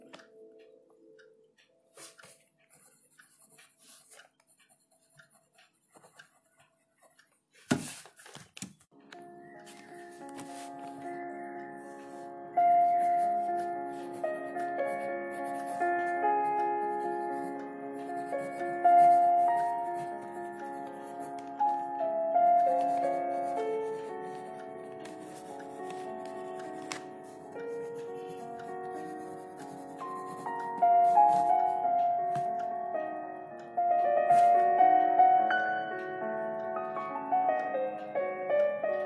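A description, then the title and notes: Soft pencil scratches and a ticking clock open the recording, with small taps scattered through the first seven seconds. Around eight seconds a sharp knock sounds, then slow, moody music with sustained mid-range notes and a steady melody fills the rest, quiet ticks continuing beneath it. Dark academia Study with me in the evening. Pencil ASMR, ticking of the clock and some dark academia music.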